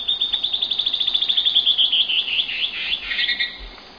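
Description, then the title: Band-tailed antbird song: a fast series of high, evenly spaced notes that slowly descend, ending in a few rougher, lower notes. "LuckyPassaro Completos2Sama. Band-tailed Antbird (Hypocnemoides maculicauda)"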